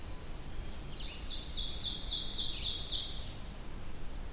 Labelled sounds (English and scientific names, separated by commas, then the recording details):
Ovenbird (Seiurus aurocapilla) song
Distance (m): 25 m
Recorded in boreal forest in Alberta, Canada, on 23 June 2016 at 06:09
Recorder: SongMeter 3, array SBT-6-76
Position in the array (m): 158 m, 129 m
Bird 3